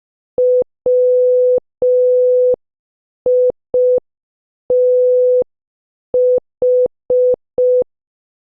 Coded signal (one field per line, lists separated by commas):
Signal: Morse code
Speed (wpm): 5 wpm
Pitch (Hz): 500 Hz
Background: none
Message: WITH